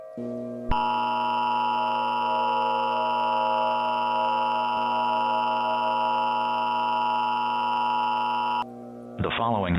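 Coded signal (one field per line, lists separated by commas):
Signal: Emergency Alert System (SAME) tones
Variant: 853 and 960 Hz attention tone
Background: speech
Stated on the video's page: Fictional EAS short, a created recreation rather than a real alert.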